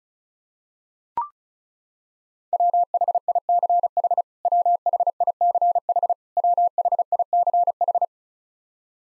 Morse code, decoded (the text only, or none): WHICH WHICH WHICH